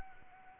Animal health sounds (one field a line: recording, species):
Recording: mosquito wingbeat signal from an infrared sensor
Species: Anopheles arabiensis